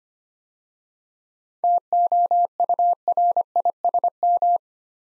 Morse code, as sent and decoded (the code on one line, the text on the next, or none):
- --- ..- .-. .. ... --
TOURISM